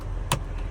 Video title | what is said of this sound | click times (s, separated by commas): How To Replace Interior Lights On A Western Star 5700XE | Right, pops right in. | 0.3 s